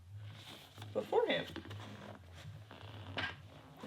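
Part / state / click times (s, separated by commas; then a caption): seat cover retaining clip onto truck seat frame / seated / 3.2 s. A plastic retaining clip on the edge of the bottom seat cover of a 2019–2021 Chevy Silverado or GMC Sierra truck is pushed onto the seat frame while someone talks. Several small clicks and rustles lead up to a strongest, longest-ringing snap at 3.2 s, when the clip seats onto the frame.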